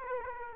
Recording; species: mosquito wingbeat signal from an infrared sensor; Aedes aegypti